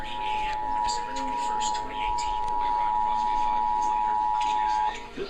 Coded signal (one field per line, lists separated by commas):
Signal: Emergency Alert System (SAME) tones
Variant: 853 and 960 Hz attention tone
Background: speech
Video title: (EAS#396-409) Radio and TV Required Monthly Test